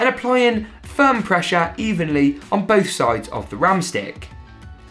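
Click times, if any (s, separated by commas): none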